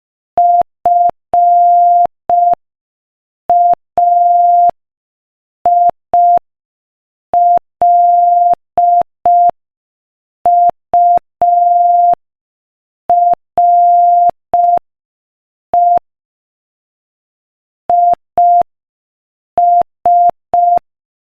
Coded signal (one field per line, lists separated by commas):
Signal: Morse code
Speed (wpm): 5 wpm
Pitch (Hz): 700 Hz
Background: none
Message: FAILURE IS